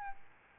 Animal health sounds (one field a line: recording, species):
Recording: mosquito wingbeat signal from an infrared sensor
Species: Aedes albopictus